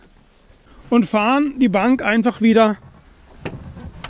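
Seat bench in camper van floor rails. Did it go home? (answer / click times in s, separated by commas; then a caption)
yes / 3.5 s, 4.0 s. The rear seat bench of a 2021 Ford Transit Custom Nugget camper van by Westfalia is slid back along its floor rails until it latches. Someone talks first, then two short knocks are heard at 3.5 s and 4.0 s as the bench locks into the rail.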